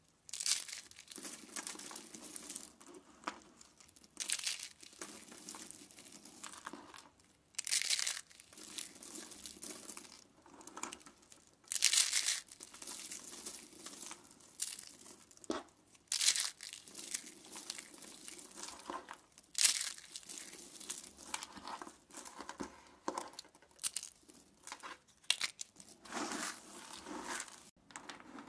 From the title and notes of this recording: ASMR SOAP CRUSHING COMPILATION.